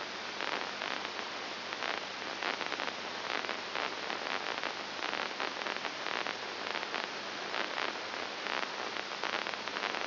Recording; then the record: brain microelectrode recording played as sound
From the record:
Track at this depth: inside the subthalamic nucleus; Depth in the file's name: 6.101 mm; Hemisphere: left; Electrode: 2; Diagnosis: Parkinson's disease